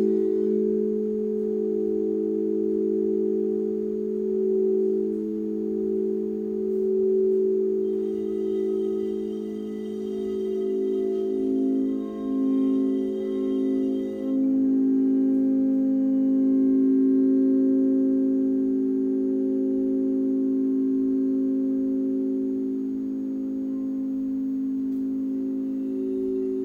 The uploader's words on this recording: This is a LIVE 60 minute Sound Bath recorded at Common Bond Yoga in Springfield, OR.